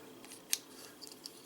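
A plastic wing part on a Transformers Titans Return robot toy is moved all the way over into its locked position on the toy body. It seats with a sharp click at 0.5 s, followed by fainter plastic ticks around 1.1 and 1.3 s. The wing is locked in place.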